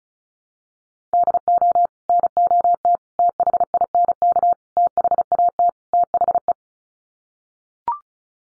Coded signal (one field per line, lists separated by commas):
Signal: Morse code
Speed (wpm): 34 wpm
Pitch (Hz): 700 Hz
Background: none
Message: DO NOT THINK THAT THE